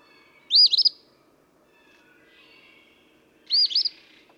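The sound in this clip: Eastern phoebe with two rough, buzzy song phrases three seconds apart, quiet background hiss and faint twittering between.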